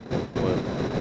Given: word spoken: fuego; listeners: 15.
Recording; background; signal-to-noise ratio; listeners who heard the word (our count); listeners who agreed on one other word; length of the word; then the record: one Spanish word in noise, from a listening test; noise modulated by three-talker babble; -4.7 dB; 1 of 15; 8 of 15; 0.61 s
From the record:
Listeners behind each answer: 8, 1, 1, 1, 1, 1, 1, 1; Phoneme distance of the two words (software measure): 10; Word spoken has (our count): 2 syllables, 5 phonemes, stress on syllable 1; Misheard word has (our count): 2 syllables, 5 phonemes, stress on syllable 1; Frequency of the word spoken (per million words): 109.36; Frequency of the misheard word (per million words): 163.36